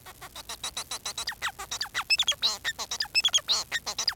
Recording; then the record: song of a male Bengalese finch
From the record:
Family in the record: son of father 4